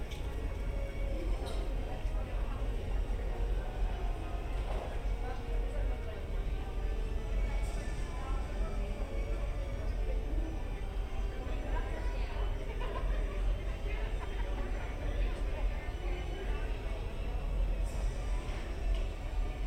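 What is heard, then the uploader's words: Ambience from a hotel lobby and its surroundings: a steady, dense murmur of voices over a constant low rumble. Brief brighter clinks and rustles break through every few seconds, around 1.5, 7.5, 12.5 and 17.5 seconds, while the overall level stays even. Disneyland Hotel Fantasy Tower Binaural Ambience.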